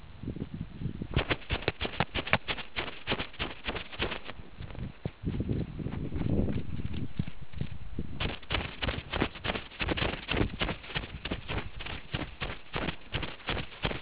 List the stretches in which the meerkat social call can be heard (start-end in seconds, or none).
none